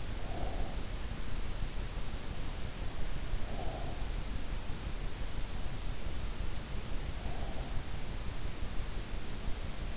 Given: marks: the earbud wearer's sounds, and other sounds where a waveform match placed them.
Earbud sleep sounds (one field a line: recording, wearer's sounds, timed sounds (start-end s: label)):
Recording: sounds in sleep by an in-ear microphone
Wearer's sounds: breath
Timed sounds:
0.00-1.12 s: breath
3.06-4.44 s: breath